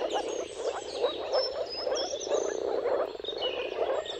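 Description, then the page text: Moor frogs call in a thick chorus of soft, hollow bubbling notes, while birds sing varied whistles in the background. Mating calls of a moor frog chorus at sunrise, at the turn of March and April, depending on the weather. "Dawn’s Chorus: Mating Calls of Marsh Frogs at Sunrise. Depending on the weather at the turn of March and April, you can witness an amazing spectacle of moor frogs. Jakub Orzecki"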